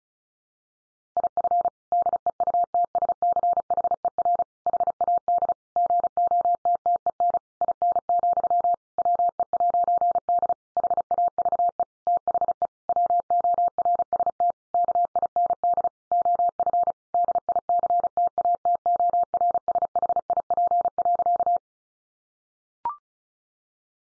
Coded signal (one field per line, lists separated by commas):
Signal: Morse code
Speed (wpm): 34 wpm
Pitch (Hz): 700 Hz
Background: none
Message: IF DEUTSCHER HAD GOTTEN IN, WE'D HAVE THE WORST KIND OF DICTATORSHIP.